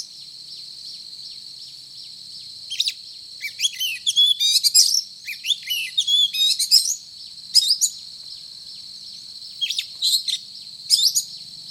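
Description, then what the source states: Oriental magpie-robin singing scattered bursts of sharp, sweeping whistles and chattering notes separated by quiet gaps, with a constant high tone in the background. Called kacer; described as gacor, meaning singing energetically and incessantly.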